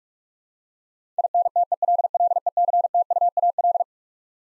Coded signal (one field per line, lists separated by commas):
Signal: Morse code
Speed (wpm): 46 wpm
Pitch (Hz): 700 Hz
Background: none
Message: INTELLECTUAL